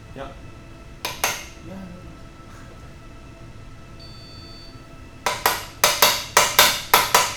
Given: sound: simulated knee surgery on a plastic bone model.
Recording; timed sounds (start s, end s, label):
surgical tools on bone
5.27	5.27	chisel strike
5.46	5.46	chisel strike
5.84	5.84	chisel strike
6.02	6.02	chisel strike
6.37	6.37	chisel strike
6.59	6.59	chisel strike
6.94	6.94	chisel strike
7.15	7.15	chisel strike